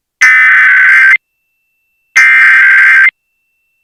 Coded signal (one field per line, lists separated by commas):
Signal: Emergency Alert System (SAME) tones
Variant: header bursts